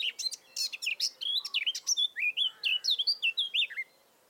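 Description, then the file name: Eurasian blackcap song: scratchy chattering notes giving way to clearer, flutier whistled notes, ending after roughly four seconds. "Sylvia atricapilla"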